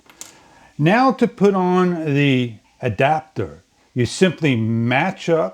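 A plastic side door is pulled forward off the hinge of an action camera body, giving two small clicks at 0.1 s and 0.2 s as it releases. Afterward someone talks.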